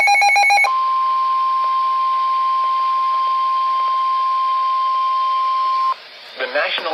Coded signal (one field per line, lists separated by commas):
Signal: Emergency Alert System (SAME) tones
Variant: 1050 Hz attention tone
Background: speech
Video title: NOAA Radio EAS # 190 Severe Thunderstorm Warning